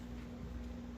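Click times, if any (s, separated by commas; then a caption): none. The two halves of a metal jig mold are being handled around a hook and weed guard before being closed, with only a steady low hum and faint background noise and no distinct snap. Nothing has snapped closed or seated yet.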